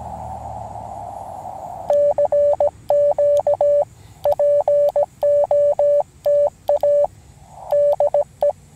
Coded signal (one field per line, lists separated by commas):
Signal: Morse code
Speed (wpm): 17 wpm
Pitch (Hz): 580 Hz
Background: none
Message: CQ POTA DE